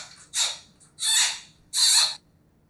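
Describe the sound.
Giant panda newborn squeals: three short, harsh, high-pitched cries in quick succession.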